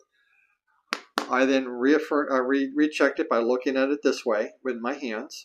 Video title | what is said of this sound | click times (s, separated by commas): Build the Ducati 1199S Panigale by Tamiya - The Metal Chain is Done! | replaced the top template holding it down firmly and you can hear it snap into place | 0.9 s, 1.2 s